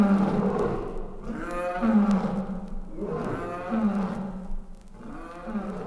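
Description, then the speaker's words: Lion giving a series of deep, moaning roars, roughly one every two seconds, each loud then trailing off. Roaring said to intimidate animals and people; lion voice said to sound different in Africa, where safari-goers hear wild lions roar at night through tent canvas. "Mancher Safari-Teilnehmer verspürt eine leichte Gänsehaut, wenn er nachts das Gebrüll wildlebender Löwen durch die leichte Zeltleinwand hindurch wahrnimmt."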